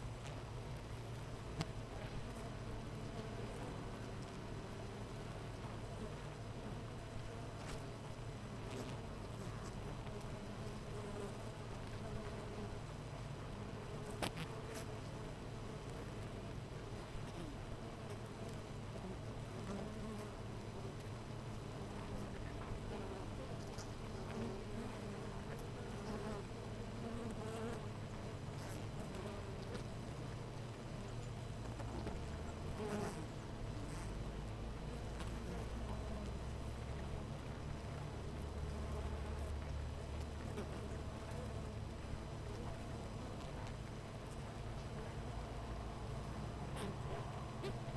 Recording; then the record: honeybee colony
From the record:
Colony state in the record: missing queen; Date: 14 July 2017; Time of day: 8:13